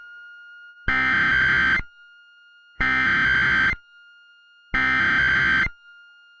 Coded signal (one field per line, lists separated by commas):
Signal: Emergency Alert System (SAME) tones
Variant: header bursts